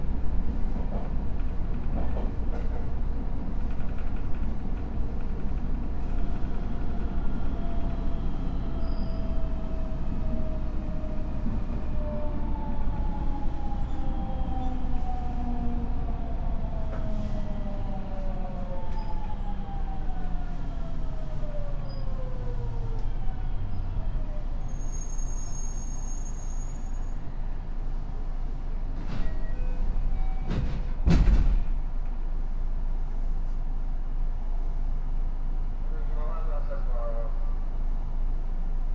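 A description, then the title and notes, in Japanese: Running sound of a JR West 207 series electric train on a rapid service: a steady low rumble of wheels and motor fills the whole clip. Motor whine glides downward from about 12 to 24 seconds as the train slows, and a sharp clunk lands around 31 seconds. JR西日本207系電車 学研都市線快速 京橋から木津まで。西日本旅客鉄道207系電車の走行音。学研都市線の快速列車で録音しました。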